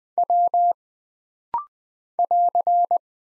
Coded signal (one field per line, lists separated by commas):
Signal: Morse code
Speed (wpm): 20 wpm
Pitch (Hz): 700 Hz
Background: none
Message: W <AR>